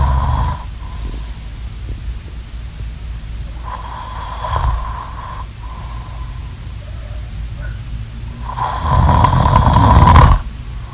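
Snoring from a sleeping adult: loud, low-pitched snores recurring every few seconds, with quieter breathing between them.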